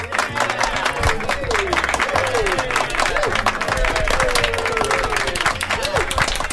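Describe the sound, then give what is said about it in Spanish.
Steady, dense applause from a crowd to encourage a joke-teller, many hands clapping at once for several seconds, with voices calling and cheering over the top. “¿Quieres un aplauso para animarte?”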